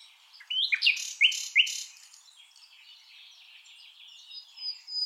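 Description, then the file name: Common nightingale song: a few loud harsh notes followed by quieter scratchy warbling and thin high whistles. "Luscinia megarhynchos"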